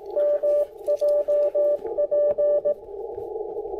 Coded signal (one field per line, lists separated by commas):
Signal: Morse code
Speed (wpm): 19 wpm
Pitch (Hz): 600 Hz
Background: radio noise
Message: MJP